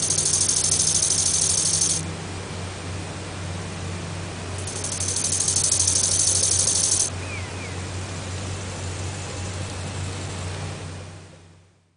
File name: Chorthippus biguttulus